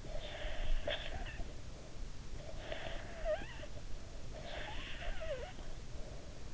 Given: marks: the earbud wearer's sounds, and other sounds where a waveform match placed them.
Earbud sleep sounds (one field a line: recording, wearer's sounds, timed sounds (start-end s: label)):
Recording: sounds in sleep by an in-ear microphone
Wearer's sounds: breath, snoring breath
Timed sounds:
0.01-1.95 s: breath
2.41-6.44 s: snoring breath